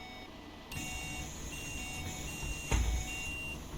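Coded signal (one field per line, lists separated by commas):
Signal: none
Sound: bus door warning beeps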